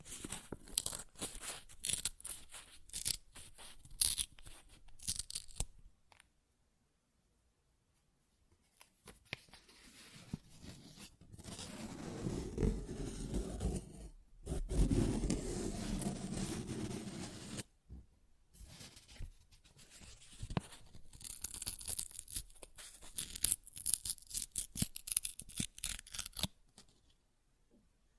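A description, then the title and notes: Paper being ripped and torn in a series of bursts, with a short silence near six seconds. The middle stretch brings longer, fuller tears with a rougher, lower rasp, while the opening and closing sections are quick, crisp, crackling rips that stop and start irregularly. ASMR Paper Ripping Tearing Sounds (No Talking).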